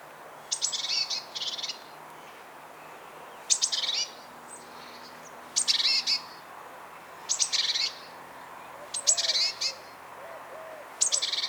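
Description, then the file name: Great tit calls: harsh, buzzy chattering bursts, each starting with a few sharp clicks, repeated roughly every one to two seconds with short pauses between. "Parus major"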